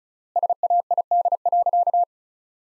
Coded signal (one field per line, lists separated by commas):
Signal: Morse code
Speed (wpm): 36 wpm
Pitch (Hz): 700 Hz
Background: none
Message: SAID.